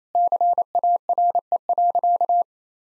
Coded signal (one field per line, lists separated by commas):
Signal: Morse code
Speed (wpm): 27 wpm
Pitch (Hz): 700 Hz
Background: none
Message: CARE.